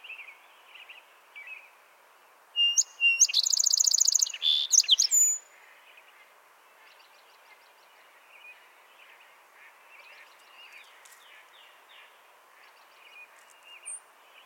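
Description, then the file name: Song sparrow sings one phrase: bright introductory notes running into a fast trill and a short buzzy ending, while soft bird calls continue throughout. "Melospiza melodia - Song Sparrow"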